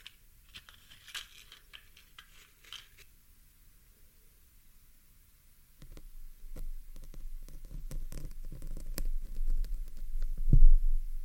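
A pin is plucked from a microphone and the mic is pulled. The first half brings sparse, bright scratches and clicks over near silence. Near six seconds a low, rumbling handling noise starts and swells, with sharp ticks and a loud thump near the end.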